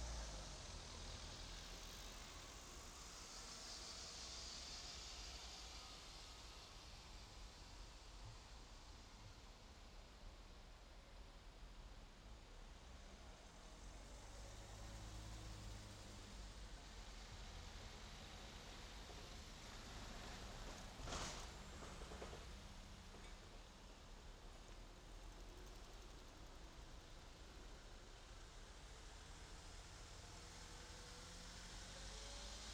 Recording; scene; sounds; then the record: everyday scene through a hearing-aid microphone; in traffic; traffic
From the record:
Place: main road on the outskirts, rush hour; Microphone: in the ear canal, left